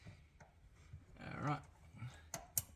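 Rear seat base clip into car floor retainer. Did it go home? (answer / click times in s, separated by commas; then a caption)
yes / 2.3 s, 2.6 s. A Tesla Model 3 Long Range rear seat base is pushed down onto its mounting clips in the car floor, with soft rustling and a broadband swell of handling noise around 1.5 s. Two sharp clicks follow at 2.3 s and 2.6 s as the clips engage one after the other, seating the base.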